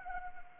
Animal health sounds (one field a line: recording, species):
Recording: mosquito wingbeat signal from an infrared sensor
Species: Anopheles arabiensis